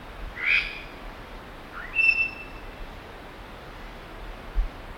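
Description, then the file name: Imperial amazon making two clear whistled calls, the first short, the second rising then held steady, with soft thumps and hiss behind. "imperial parrot"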